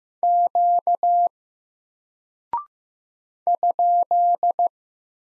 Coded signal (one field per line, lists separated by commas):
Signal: Morse code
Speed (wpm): 15 wpm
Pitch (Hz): 700 Hz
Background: none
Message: Q ?